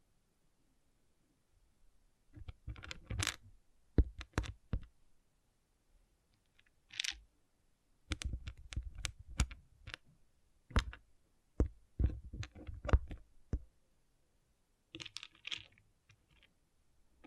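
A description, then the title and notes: Small plastic pixel art beads click and rattle in bursts, sharp dry taps scattered irregularly with short quiet gaps between. A brief hissy swish comes near seven seconds and another around fifteen, and the tapping is densest between eight and fourteen seconds. ASMR Relaxing Pixel Art Beads ( No Talking).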